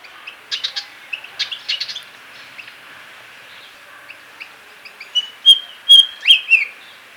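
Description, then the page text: White-browed fantail song: scattered chattering, twittering notes at first, then a brief pause and a run of bright, high whistled notes toward the end. "White-Browed Fantail Song - Quick Sounds"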